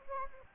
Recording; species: mosquito wingbeat signal from an infrared sensor; Anopheles gambiae